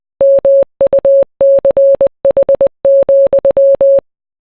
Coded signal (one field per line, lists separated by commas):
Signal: Morse code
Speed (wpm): 20 wpm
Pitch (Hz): 550 Hz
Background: none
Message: MUCH,